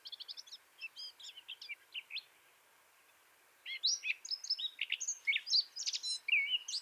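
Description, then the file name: Eurasian blackcap song, a quieter bout of quick chattering notes, a pause, then a louder, busier warble, against a background hiss. "Sylvia atricapilla"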